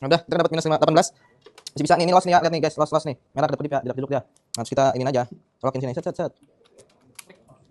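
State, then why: Seated. Someone talks while a fiber optic patch cord connector is plugged into the port of an ONT/ONU modem during FTTH setup. A sharp click is heard at 7.2 seconds as the connector seats in the port.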